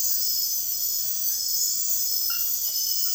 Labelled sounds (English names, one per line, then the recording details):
none
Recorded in dense forest near Puerto Asís, Putumayo, Colombia, on 18 February 2024 at 03:30
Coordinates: 0.496, -76.326
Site G6383